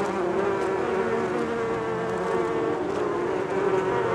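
Bees producing a continuous droning buzz, a low steady hum with slight wavering in loudness.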